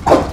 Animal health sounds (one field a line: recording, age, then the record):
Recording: pig call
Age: growing-finishing pig (85 days or more)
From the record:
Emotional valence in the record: positive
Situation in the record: run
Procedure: transit